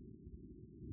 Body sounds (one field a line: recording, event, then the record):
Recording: neck accelerometer signal played as sound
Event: no cough (speech, laughter, throat clearing or background)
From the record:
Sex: female